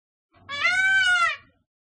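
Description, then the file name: Indian peafowl call, a single loud nasal wail about one second long, arching slightly in pitch with rich harmonics, then silence. "pavo real"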